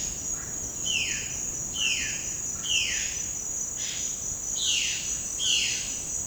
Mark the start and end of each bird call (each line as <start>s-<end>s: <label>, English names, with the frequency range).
0.72s-5.92s: Violaceous Jay (1.3-5.9 kHz)